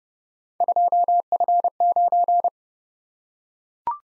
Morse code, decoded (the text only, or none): 2F9